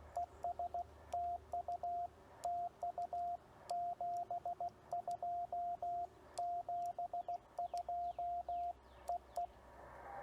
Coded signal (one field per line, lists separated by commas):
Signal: Morse code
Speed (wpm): 16 wpm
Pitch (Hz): 700 Hz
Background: radio noise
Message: ES TU TU 72 72 EE